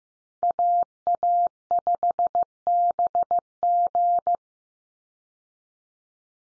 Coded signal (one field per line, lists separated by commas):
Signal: Morse code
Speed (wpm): 15 wpm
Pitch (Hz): 700 Hz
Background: none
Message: AA5BG